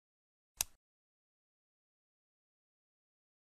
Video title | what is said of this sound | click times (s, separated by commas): Respimat | the transparent face in the direction of the arrow until you hear a click you open | 0.6 s